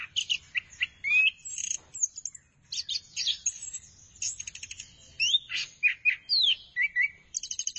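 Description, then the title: Thrush pouring out a busy song of rising whistles, chattering trills and squeaky notes, with a short pause before a final burst. "burung anis x"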